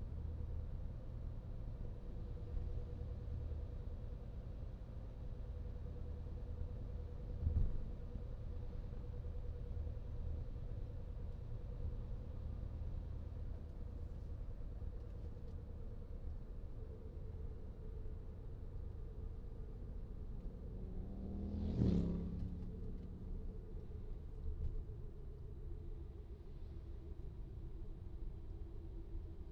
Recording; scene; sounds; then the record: everyday scene through a hearing-aid microphone; in a vehicle; engine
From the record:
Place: VW T5 Caravelle, diesel engine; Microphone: in the ear canal, right